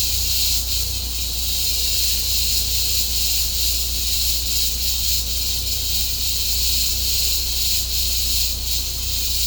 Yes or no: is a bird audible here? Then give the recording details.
no. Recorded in secondary vegetation near Puerto Asís, Putumayo, Colombia, on 16 December 2024 at 12:30. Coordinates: 0.502, -76.326. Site G028